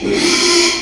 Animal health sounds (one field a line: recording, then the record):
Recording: squeal of a Yucatan mini pig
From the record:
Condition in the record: after surgery on the right vocal fold (resection and tissue-engineered implant)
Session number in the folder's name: 2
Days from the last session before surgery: 13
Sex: male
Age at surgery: 12 weeks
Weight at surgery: 13 kg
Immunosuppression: cyclosporine, prednisolone